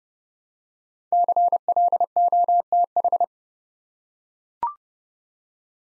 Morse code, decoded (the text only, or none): CLOTH